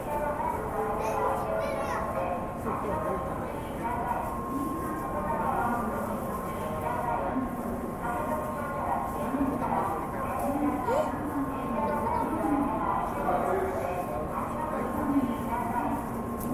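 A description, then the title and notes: Inside a train station in Japan, a steady crowd of voices talks over one another without pause. A faint, constant tone hums beneath the chatter, and scattered footsteps and small clatters break through at intervals, all at an even, moderate loudness. TRAIN STATION IN JAPAN AMBIENCE.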